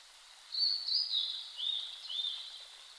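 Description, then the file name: Blue-and-white flycatcher song: a soft phrase of high sliding whistled notes lasting about two seconds, with steady background hiss. Recorded 5 May 2008 at 07:51. "ooruri-20080505-0751"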